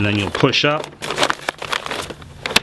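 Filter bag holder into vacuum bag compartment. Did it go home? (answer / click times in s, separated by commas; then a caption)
yes / 2.6 s. Someone talks, then pushes a paper filter bag on its holder up into the vacuum's bag compartment, producing a few short rattling taps. A sharp click at 2.6 s marks the holder latching, with the bag seated in place.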